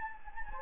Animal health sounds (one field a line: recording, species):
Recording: mosquito wingbeat signal from an infrared sensor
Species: Anopheles gambiae